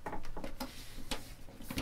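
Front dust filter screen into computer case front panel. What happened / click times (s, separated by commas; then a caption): Plastic panel handled and lined up, not yet clearly snapped home / none. A small front dust filter screen is being fitted by its notches into the plastic front panel of a Corsair Obsidian Series 350D Micro ATX computer case. Short handling taps and rattles are heard at about 0.1, 0.6, 1.1 and 1.8 seconds. Nothing has seated or clicked into place yet.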